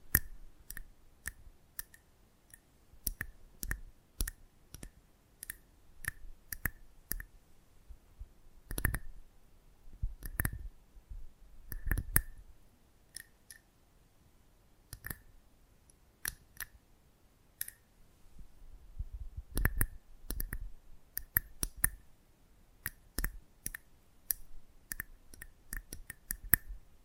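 Close-up microphone handling: a run of sharp, dry clicks and taps, irregular but frequent, each with a faint bright ring. Heavier bumps with a low thud land around 9, 10, 12 and 20 seconds, and a soft low rumble sits underneath throughout.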